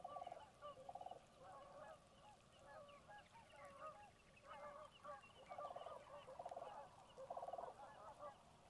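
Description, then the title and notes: Canada Goose flock calling, overlapping nasal honks throughout with several rapid stuttering bursts, over a steady low rush of background noise. Large flock circling through at dusk during light rain, Conboy Lake National Wildlife Refuge, Glenwood, Washington; a migratory stop for waterfowl, second night. "Conboy is an important migratory stop and residency for many different kinds of waterfowl"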